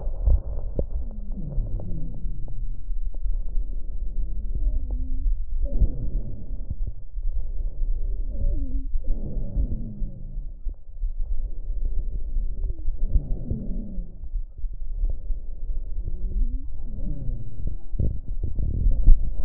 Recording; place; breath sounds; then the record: lung sounds by stethoscope; right anterior upper chest; expiratory wheeze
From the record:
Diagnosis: asthma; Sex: male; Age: 46 years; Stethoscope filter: extended mode, 50 to 500 Hz